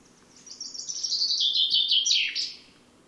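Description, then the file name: Common chaffinch singing one descending phrase of fast, crisp notes that tumble down the scale and finish with a short, accented end note. "Fringilla coelebs"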